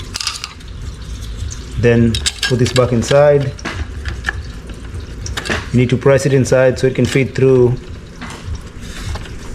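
The plastic spool cover of a string trimmer head is handled and pressed back toward the trimmer head housing, with short sharp plastic taps and knocks scattered through the clip while someone talks. The cover has not seated or clicked in yet.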